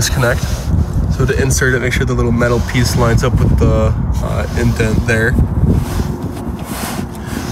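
Someone talks while lining up the removable key for the battery disconnect switch on a 2022 Forest River XLR Micro Boost 25LRLE RV, matching its small metal tab to the notch before inserting it, over a steady low background rumble. The key is only being positioned, and nothing has seated or clicked yet.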